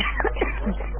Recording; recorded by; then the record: voluntary cough; telephone call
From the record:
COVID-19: positive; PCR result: checked with the laboratory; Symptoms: no